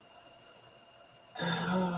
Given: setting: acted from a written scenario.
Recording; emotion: vocal sound without words; realization